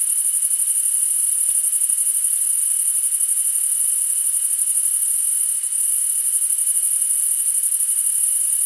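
Crickets chirping: a dense, high, rapidly pulsing trill runs without a break, with a steady thin tone sounding beneath it throughout.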